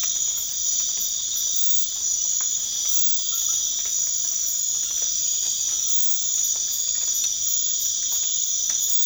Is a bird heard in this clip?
no